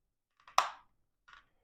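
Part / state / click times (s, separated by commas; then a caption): slide switch releasing the battery compartment faceplate on a handheld LED light device / released / 0.6 s. A slide switch at the center base of the handle of a handheld LED light device is pushed down one more step past the off position to unlock the faceplate of the battery compartment that holds three AAA batteries. After faint scrapes around 0.4 and 0.5 seconds, a sharp bright click rings out at 0.6 seconds and fades out over about a quarter second, followed by a softer brief rattle near 1.3 seconds. The switch clicks and the battery cover is released.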